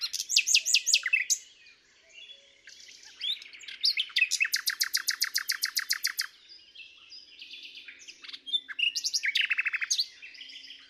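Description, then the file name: Common nightingale song: opening sharp notes, then a long run of rapid, evenly repeated loud pulses, followed by varied chirps and another rapid trill. "Luscinia megarhynchos"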